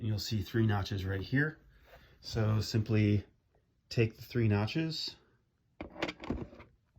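A person talks while lining up the three notches at the top of an HP P24h G4 monitor stand's backing plate and sliding them into the matching slots on the monitor's rear mount. Brief, light plastic contact sounds follow at about 5.8, 6.0 and 6.2 seconds. Nothing has clicked or latched yet, since the plate still has to be pressed home.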